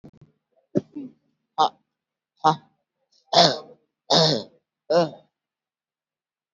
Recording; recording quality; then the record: shallow voluntary cough; excellent, no background noise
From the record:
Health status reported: healthy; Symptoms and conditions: hypertension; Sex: female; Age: 73 years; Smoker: no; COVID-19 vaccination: one dose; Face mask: not worn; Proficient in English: no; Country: India